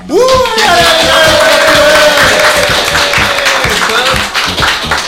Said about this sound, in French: Je propose de faire un tonnerre d'applaudissements pour notre ami.